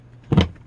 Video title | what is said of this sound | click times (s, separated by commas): Verona Setup | and let it lock into place | 0.3 s, 0.4 s